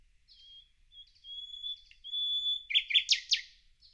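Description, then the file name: Common nightingale song: soft, pure whistled notes held steady, building to loud, rapid, rich chattering notes near the end; quiet background. "Luscinia megarhynchos"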